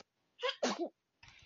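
One sneeze from an adult: a short indrawn 'ah' followed by a sharp, loud burst, then faint breathy noise.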